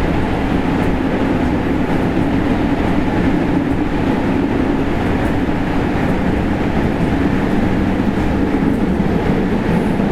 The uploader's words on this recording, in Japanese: JR207系 放出から尼崎まで。JR西日本 207系電車の走行音です。学研都市線からJR東西線へ直通する区間快速列車にて収録しました。